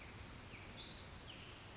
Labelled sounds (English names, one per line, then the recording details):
Pacific Wren
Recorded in Sonoma County, California